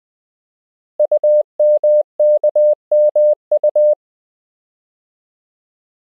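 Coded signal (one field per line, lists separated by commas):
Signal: Morse code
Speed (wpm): 20 wpm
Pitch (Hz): 600 Hz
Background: none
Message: UMKMU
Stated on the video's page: Koch method lesson 4 drill: English words and ham QSO patterns at 20 wpm, generated by a Morse learning app.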